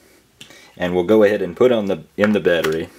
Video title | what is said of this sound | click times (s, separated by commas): Samsung Galaxy S3 Setup for Straight Talk | and it actually locks in you can hear the click | 0.4 s